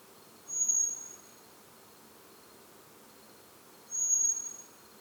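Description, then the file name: Common blackbird calling twice, a fine high whistle held level for about half a second, the notes about three and a half seconds apart, with soft steady hiss behind. "Turdus merula"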